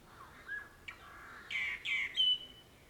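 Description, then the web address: Birds chirping: a quick series of loud, bright, buzzy chirps and a clear high whistle, tightly spaced within a few seconds. Birds recorded in the morning, June 2009. "2009-06-morning-birds morningbirds"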